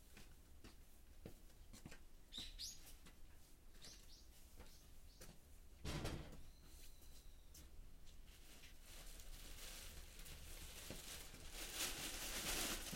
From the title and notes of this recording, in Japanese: 夕方、収穫してきた水かけ菜の、出荷準備をしています。秤で重さをはかり、テープで巻き付けて束にしていきます。